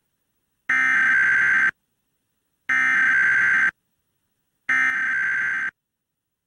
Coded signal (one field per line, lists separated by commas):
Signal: Emergency Alert System (SAME) tones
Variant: header bursts